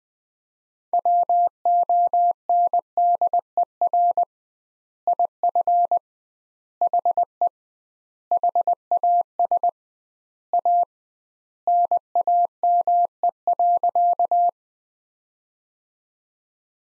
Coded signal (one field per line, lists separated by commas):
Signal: Morse code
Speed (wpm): 20 wpm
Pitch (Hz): 700 Hz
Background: none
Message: WONDER IF HE HAS A NAME.